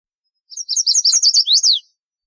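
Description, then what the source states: Chestnut-sided warbler song, a quick high series of sweet notes ending in an emphatic downslurred note, lasting just over a second. Played at normal speed, before a slowed-down version.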